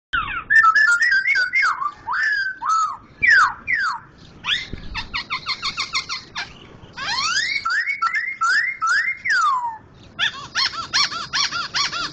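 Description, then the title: Laughingthrush singing loud slurred whistles, rising and falling in rapid series, mixed with rattling trills and a dense buzzy chatter at the end. "Poksay Hongkong gacor mantab (Gathutkaca)"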